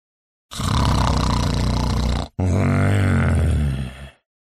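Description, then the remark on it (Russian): A voice imitates contented snoring with two long, loud, rumbling breaths, the first harsh and steady, the second a deep voiced drone that trails off, with no words spoken. “Совершив последний рывок, он отправил туфли за борт, а затем глубоко вздохнул, улыбнулся, мягко повалился на палубу и засопел.”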